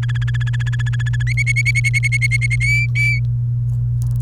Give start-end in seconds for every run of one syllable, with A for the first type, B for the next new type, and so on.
0.03-1.23 A, 1.27-2.56 B, 2.60-3.19 C